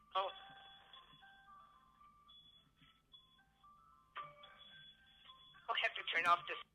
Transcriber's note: phone ringing